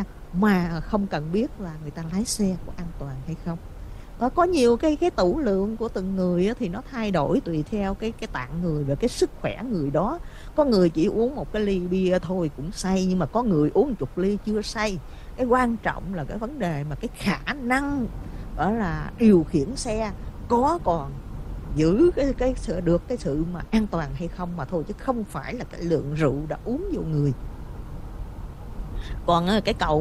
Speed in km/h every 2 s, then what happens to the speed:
56, 60, 61, 58, 60, 60, 58, 58, 56, 56, 56, 58, 56, 55, 53.
0-30 steady at about 58.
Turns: none.